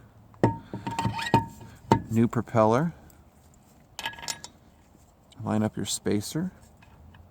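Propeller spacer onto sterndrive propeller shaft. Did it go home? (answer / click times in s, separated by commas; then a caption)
no / none. A propeller spacer is lined up to go onto the splined propeller shaft of an OMC Cobra / Volvo Penta SX sterndrive after the new propeller, while someone talks. Brief metallic handling taps and knocks sound between the speech. The spacer has not seated or clicked onto the shaft yet.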